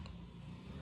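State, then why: Not seated. A new plastic pet carrier is being put together by pressing its latch into the carrier shell. A steady low rumble with broadband hiss continues throughout, with no distinct click. Nothing has seated or clicked yet.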